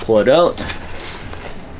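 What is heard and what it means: Someone talks while handling the support strut of a slide-out storage and sleep platform in a Jeep JKU, pulling it out from the platform frame, followed by faint scraping and a light knock. Nothing has seated or clicked yet; the strut has not locked in place.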